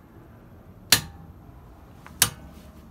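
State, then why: Torque reached. A click-type torque wrench set to 129 lb-ft (175 Nm) tightens a lug nut on a Tesla Model 3 wheel hub. It gives sharp metallic clicks at 0.9 s and 2.2 s, with a faint tick just before the second. Each click means the set torque has been reached.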